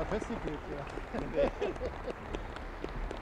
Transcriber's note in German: lachen